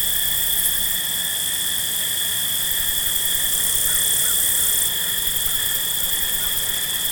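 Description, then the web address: Field crickets sing together in a constant high-pitched wash of sound, steady in loudness. Field crickets at night. "Dr Sound Effects. Field Crickets At Night"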